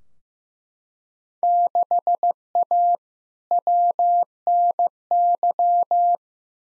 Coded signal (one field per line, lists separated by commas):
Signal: Morse code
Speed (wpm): 15 wpm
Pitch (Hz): 700 Hz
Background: none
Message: 6A WNY